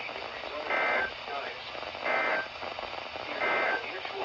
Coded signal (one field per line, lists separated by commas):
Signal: Emergency Alert System (SAME) tones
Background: speech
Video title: RWT’s (EAS 406-407)